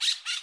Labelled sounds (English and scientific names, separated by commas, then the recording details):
Brown-throated Parakeet (Eupsittula pertinax) contact call
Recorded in Bonaire